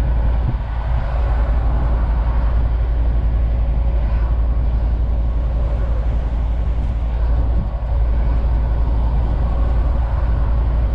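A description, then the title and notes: A truck rumbles along steadily with a heavy, constant low drone and a dense road noise layered over it. A faint tonal hum rides through the middle. Brief bumps or thuds come near the start and again around eight seconds. Truck driver sound.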